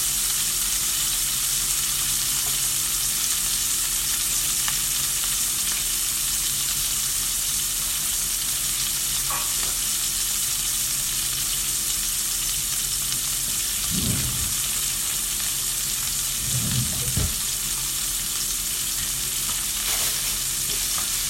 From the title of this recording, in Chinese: 香煎鸡胸